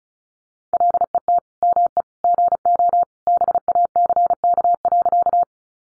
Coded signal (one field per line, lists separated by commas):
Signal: Morse code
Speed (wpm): 34 wpm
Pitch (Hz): 700 Hz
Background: none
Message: LET ME GO BACK.